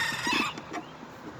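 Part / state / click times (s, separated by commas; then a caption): snap-in part into a martin house locking hole / not seated / none. A snap-in part is lined up with its locking hole on a purple martin house being modified to keep out starlings. A rooster crows loudly through the first half-second, followed by quieter background sound and faint bursts near 0.6 and 0.8 seconds. Nothing has seated or clicked yet.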